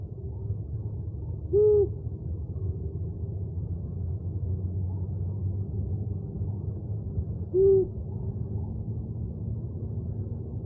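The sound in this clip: Owl giving two short, low hoots about six seconds apart, separated by a long quiet stretch with a faint low rumble underneath.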